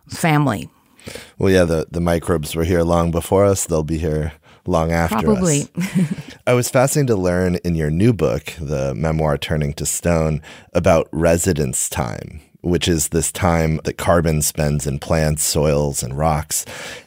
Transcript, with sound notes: family.
Well, yeah, the microbes were here long before us; they’ll be here long after us.
Probably. [Laughs]
I was fascinated to learn in your new book, the memoir Turning to Stone, about “residence time,” which is this time that carbon spends in plants, soils, and rocks.